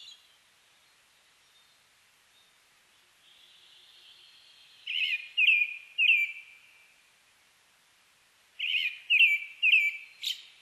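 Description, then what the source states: Brown-headed thrush song: after a faint whistle, two phrases of three rich whistled notes, the second ending in a sharp high note. Recorded on 29 May 2004.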